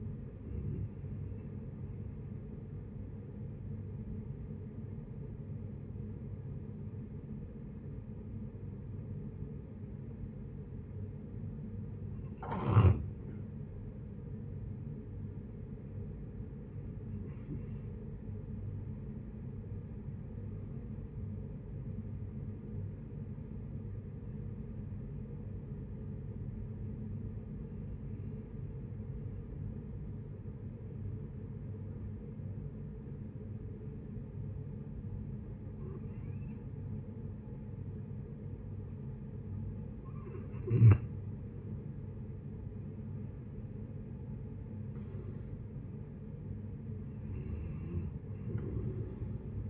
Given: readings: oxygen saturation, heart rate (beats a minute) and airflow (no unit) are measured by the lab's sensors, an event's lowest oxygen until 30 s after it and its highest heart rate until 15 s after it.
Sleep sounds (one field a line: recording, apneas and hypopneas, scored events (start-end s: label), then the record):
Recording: breathing in sleep by a smartphone at the bedside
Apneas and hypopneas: 2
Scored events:
3.00-13.50 s: obstructive apnea (N1, oxygen 94% highest, then 89% lowest, heart rate 71 at the start, 76 highest)
27.00-41.00 s: hypopnea (N1, oxygen 95% highest, then 90% lowest, heart rate 72 at the start, 72 highest)
From the record:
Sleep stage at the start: N1 (lightest sleep)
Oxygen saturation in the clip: 89 to 95%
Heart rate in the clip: 64 to 76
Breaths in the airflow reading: 9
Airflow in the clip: -11.5 to 11.0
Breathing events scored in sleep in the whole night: 496 in 5.4 hours asleep